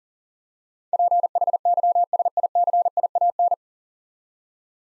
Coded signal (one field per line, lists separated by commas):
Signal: Morse code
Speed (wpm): 40 wpm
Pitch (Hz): 700 Hz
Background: none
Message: PHYSICIAN